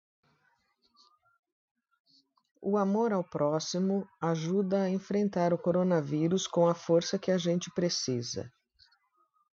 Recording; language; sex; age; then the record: spoken sentence; Brazilian Portuguese; female; 60 to 69 years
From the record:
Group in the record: control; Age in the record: 60 years